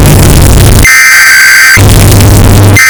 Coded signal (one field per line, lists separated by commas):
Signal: Emergency Alert System (SAME) tones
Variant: header bursts